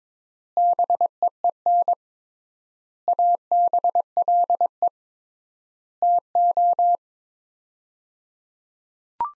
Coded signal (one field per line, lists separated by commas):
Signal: Morse code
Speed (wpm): 22 wpm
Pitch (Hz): 700 Hz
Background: none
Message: BEEN ABLE TO